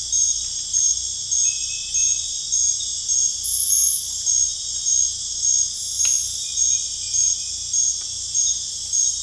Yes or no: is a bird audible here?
no